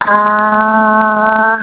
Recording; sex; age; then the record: sustained vowel /a/ by telephone; female; 30 to 39 years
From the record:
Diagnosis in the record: healthy control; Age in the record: 31 years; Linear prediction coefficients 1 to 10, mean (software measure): 1.89, -1.78, 0.47, 0.39, -0.25, -0.23, 0.17, 0.11, -0.11, 0.00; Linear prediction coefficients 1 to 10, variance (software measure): 0.109, 0.264, 0.162, 0.078, 0.059, 0.033, 0.063, 0.050, 0.049, 0.013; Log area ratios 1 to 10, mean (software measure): -1.63, 2.47, -1.32, 0.89, 0.33, -0.48, -0.27, 0.22, 0.19, 0.01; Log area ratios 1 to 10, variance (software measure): 0.046, 0.079, 0.156, 0.313, 0.126, 0.119, 0.052, 0.091, 0.027, 0.053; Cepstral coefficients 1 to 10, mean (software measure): 1.89, 0.05, -0.61, -0.31, 0.10, 0.11, -0.05, -0.05, 0.05, 0.11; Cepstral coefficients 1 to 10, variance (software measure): 0.109, 0.032, 0.016, 0.012, 0.007, 0.008, 0.005, 0.003, 0.004, 0.004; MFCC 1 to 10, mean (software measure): -3.05, 1.72, -1.87, 0.18, 0.62, -0.24, 0.49, 0.26, -0.51, 0.11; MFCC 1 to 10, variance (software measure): 0.338, 0.126, 0.060, 0.102, 0.063, 0.055, 0.047, 0.095, 0.125, 0.205